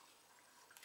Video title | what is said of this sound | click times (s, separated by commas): ДОЗАТОР ЗУБНОЙ ПАСТЫ и держатель зубных щеток с ультрафиолетовой лампой. Как пользоваться дозатором | вот она зафиксировалась после | 0.8 s